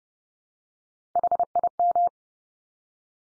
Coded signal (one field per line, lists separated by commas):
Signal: Morse code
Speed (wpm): 30 wpm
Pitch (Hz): 700 Hz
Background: none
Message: HIM